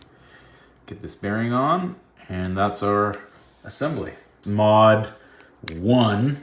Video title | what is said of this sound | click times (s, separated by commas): Epic Traxxas XRT Upgrade Series: Solving Diff Problems and Chassis Flex (Part 2) | it to receive it here o that's a nice click | 0.0 s